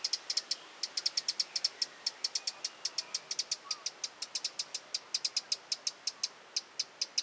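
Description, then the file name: Eurasian wren calling with a fast, steady series of hard clicking ticks, several each second, continuing throughout with little pause. "Troglodytes troglodytes"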